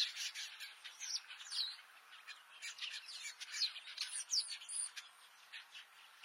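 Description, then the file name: Red-billed quelea chattering song, a dense stream of high, scratchy chirps and buzzy notes with occasional thin whistled slurs. "Canto do quelea de bico vermelho"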